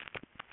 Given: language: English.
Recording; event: throat vibration sensor signal played as sound; swallow